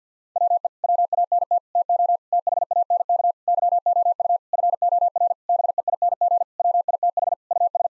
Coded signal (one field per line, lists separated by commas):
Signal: Morse code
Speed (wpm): 50 wpm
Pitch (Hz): 700 Hz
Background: none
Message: WE WANT TO THANK YOU FOR BEING WITH US